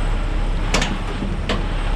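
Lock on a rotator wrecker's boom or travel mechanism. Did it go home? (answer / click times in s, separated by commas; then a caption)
released / 0.7 s. While the travel controls on a rotator tow truck are worked, a metal lock on the wrecker's boom or travel mechanism that was under load pops loose with a sharp metallic report at 0.8 s, over a steady engine-like rumble. A second brief, sharp sound follows at 1.5 s, and the loaded lock is released.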